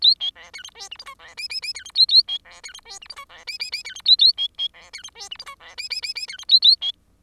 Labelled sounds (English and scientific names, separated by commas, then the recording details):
Bengalese Finch (Lonchura striata domestica) song
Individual Bird10